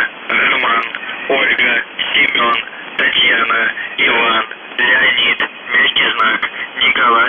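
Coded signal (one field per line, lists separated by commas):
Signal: numbers station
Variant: UVB-76, Russian voice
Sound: male voice reading short phrases over narrow, muffled shortwave audio with brief pauses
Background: radio static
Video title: The Buzzer/UVB-76(4625Khz) June 28, 2021 08:11UTC Voice message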